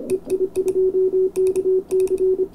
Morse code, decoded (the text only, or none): EI2KC